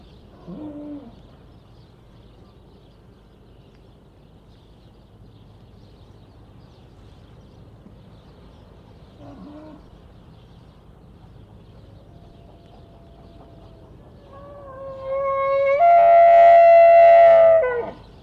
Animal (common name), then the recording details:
Wapiti. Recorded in captivity. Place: Tierpark Berlin, Berlin, DE. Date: 1964-11-10 14:00. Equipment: R 21, Vollspur. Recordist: Tembrock, Günter